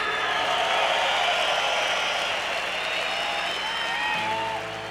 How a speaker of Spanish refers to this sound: pedir un aplauso para despedir al maestro Zdechek Paleta, que en el violín. Y a Gerardo García en los teclados, que se oiga.